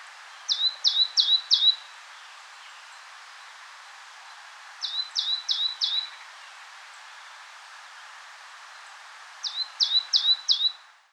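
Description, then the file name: Great tit song: bright two-note phrases, a high note dropping to a lower one, repeated four times in a burst, bursts recurring about every four and a half seconds over steady background hiss. "Parus major"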